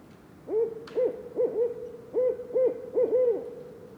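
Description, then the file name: Barred owl giving a series of several low, rounded hoots in quick, uneven succession, some doubled, with a brief click near the start. Recorded in Mont-Tremblant National Park on 21 March 2018. "loiseau-son-chouette-rayecc 81 e-chant-parc-national-du-mont-tremblant"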